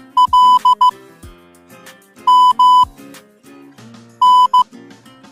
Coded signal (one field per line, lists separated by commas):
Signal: Morse code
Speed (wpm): 15 wpm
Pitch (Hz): 1000 Hz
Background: music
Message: L M N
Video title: MORSE CODE WITH SOUND 4K - Learning